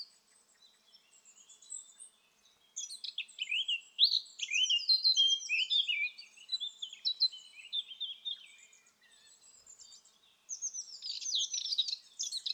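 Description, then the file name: Eurasian blackcap warbling: a fast jumble of bright chattering notes that slides into clear descending whistles, repeated in long phrases after a quiet start. "Sylvia atricapilla"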